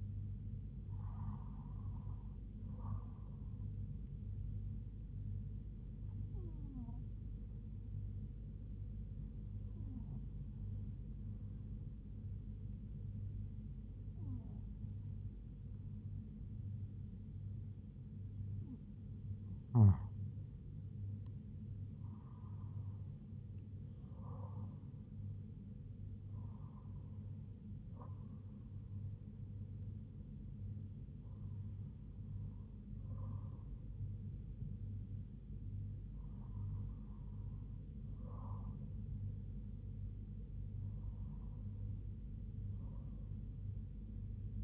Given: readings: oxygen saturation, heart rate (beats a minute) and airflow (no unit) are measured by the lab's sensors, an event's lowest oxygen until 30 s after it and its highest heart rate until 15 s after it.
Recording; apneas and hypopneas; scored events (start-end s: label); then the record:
breathing in sleep by a smartphone at the bedside; none
31.00-44.64 s: new sleep stage, awake
From the record:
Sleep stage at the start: N1 (lightest sleep); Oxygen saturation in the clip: 96 to 98%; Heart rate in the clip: 68 to 82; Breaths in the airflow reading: 10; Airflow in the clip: -4.3 to 4.2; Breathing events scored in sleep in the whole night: 158 in 7.3 hours asleep